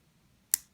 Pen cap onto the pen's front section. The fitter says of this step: the pen because if I close the pen like this you hear a click